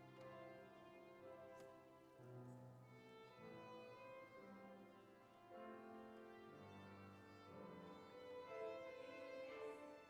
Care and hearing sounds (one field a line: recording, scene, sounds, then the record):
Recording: everyday scene through a hearing-aid microphone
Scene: reverberant space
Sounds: music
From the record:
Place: church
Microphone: behind the ear, right, rear